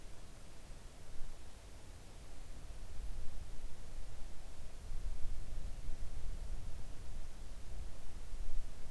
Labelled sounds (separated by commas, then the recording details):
near silence
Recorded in the Arctic National Wildlife Refuge, Alaska, on 3 August 2019 at 05:38
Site 41